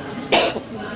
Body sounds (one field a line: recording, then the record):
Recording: coughing mixed with background sound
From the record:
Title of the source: 61 morning phlegmy cough...again